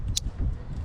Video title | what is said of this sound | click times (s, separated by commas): Finishing up Solar Panel Install - Traveling back to Louisville - Tiny Home | can hear it click same thing with the negative make sure it | 0.2 s